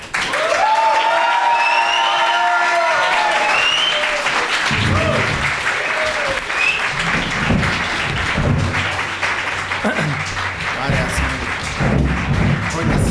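A crowd at a year-end event bursts into loud, sustained applause welcoming performers, with cheers and whoops rising over the clapping, the dense clatter continuing steadily for the whole stretch.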